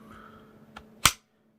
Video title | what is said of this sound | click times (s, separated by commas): Best IWB/OWB Holsters for Glocks | part of plastic just digs in and it just hurts so right here clicks | 1.1 s